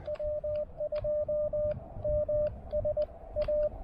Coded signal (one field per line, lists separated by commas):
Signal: Morse code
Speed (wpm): 20 wpm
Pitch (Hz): 600 Hz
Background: radio noise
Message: W2MSA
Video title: Cape Hatteras: POTA activation at an Iconic North Carolina Lighthouse!